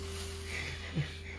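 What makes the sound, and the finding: Adult man. Hiccup.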